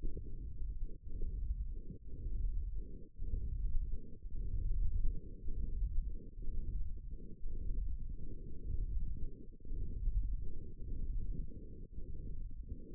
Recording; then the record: forearm muscle sounds (acoustic myography)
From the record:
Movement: hand opening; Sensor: system 1, eight BSWA MPA416 microphones around the upper forearm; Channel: 7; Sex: female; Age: 22 years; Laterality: right